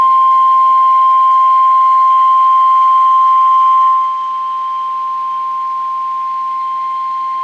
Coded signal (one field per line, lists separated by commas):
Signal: Emergency Alert System (SAME) tones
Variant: 1050 Hz attention tone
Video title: A Compilation Of Eas Alerts From 1/10/2020: EAS 1 Through 12